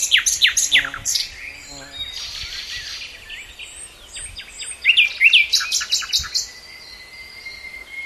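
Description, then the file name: Common nightingale song: rapid downslurred notes, a repeated low rattle, a quick burst of sharp notes, then a long whistle. "Luscinia megarhynchos"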